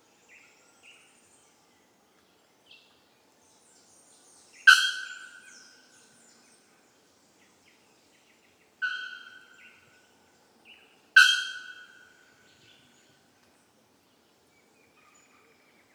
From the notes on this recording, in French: Chants d'oiseaux dans la forêt tropicale de la ilha grande, Brésil